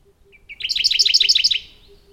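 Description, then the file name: Radde's warbler song: a soft introductory note, then a fast, loud trill of evenly repeated high notes lasting about a second. "warbler-radde -Phylloscopus-schwarzi"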